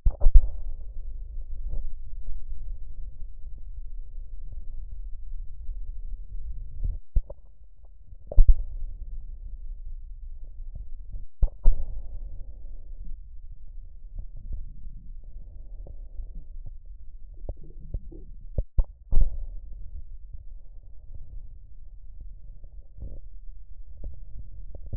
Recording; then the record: lung sounds by stethoscope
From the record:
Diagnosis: emphysema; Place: left posterior upper chest